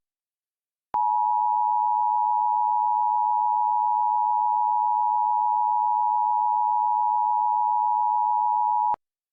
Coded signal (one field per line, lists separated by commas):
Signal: Emergency Alert System (SAME) tones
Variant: 853 and 960 Hz attention tone